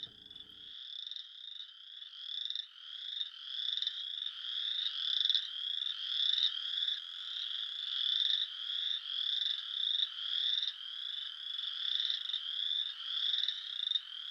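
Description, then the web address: Western chorus frogs calling together: many overlapping pulsed trills forming a continuous chorus, with a brief low knock at the start. "Dan Gibson Wildlife Identification By Sound, Eastern North America Pt 1. Western Chorus Frog"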